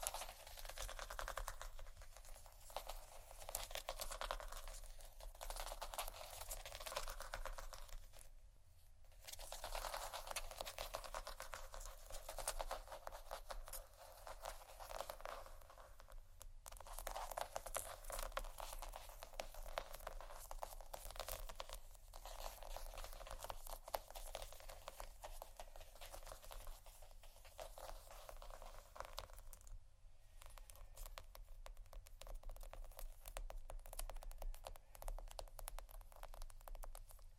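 Soft tapping and scratching on cardboard, with silicone rubbing and massaging sounds, runs almost without a break. The texture is dense and bright, made of quick crinkly scrapes and taps, with short near-silent gaps around 8, 16 and 30 seconds. A low steady hum sits underneath throughout.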